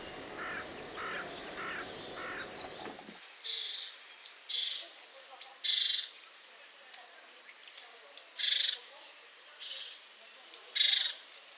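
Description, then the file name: Great tit harsh calls: several short buzzy, rasping notes at irregular intervals, preceded by a few softer, lower chattering notes, with background hiss. "Parus major"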